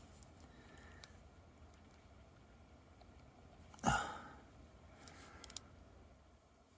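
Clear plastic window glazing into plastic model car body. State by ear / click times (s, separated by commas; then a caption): not seated / none. Clear plastic side window glazing is pressed into the slots of a plastic 1/43 scale Airfix Jaguar E-Type Starter Kit model car body; it snapped in during the earlier dry fit but now will not go. A faint tick sounds at 1.0 s, a louder scraping burst at about 3.9 s fades out, and small sharp ticks follow around 5.5 s. Nothing has seated or clicked into place yet.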